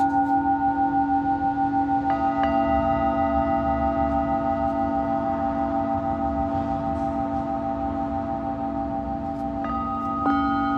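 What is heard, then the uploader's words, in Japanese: A Tibetan singing bowl rings with a steady, sustained hum, its low tone gently pulsing in a slow wobble throughout. Around two seconds and again near ten seconds, lighter strikes add bright, ringing overtones that linger above the drone before slowly fading. メキシコから シンギングボウルのサウンドヒーリング。チベタンシンギングボウル。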